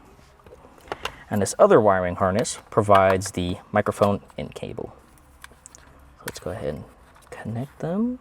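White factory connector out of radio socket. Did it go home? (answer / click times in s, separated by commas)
released / 0.9 s, 1.1 s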